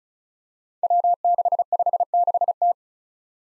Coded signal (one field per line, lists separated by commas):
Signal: Morse code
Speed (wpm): 36 wpm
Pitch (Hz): 700 Hz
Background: none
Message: W656T